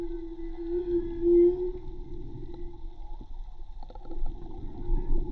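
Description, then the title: Whale song, a sustained moan early on, then softer tonal notes and faint clicks over low underwater noise. Recorded with a hydrophone from a boat at Tribugá; hydrophone listening presented as sustainable tourism avoiding disturbance by motorboats. "CANTO DE BALLENAS HIDROFONO MAGMA TRIBUGA J BARCO"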